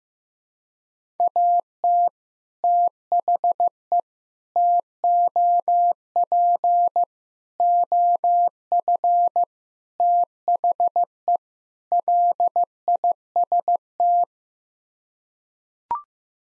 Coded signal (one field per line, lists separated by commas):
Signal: Morse code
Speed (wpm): 15 wpm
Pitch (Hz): 700 Hz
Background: none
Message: AT THE TOP OF THE LIST